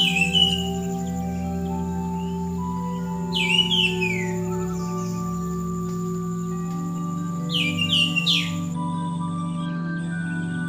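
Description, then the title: Bird calls in brief clusters of sharp descending chirps at the start, near four seconds and near eight seconds, with a steady droning hum beneath. "SuaraBurung Kicau"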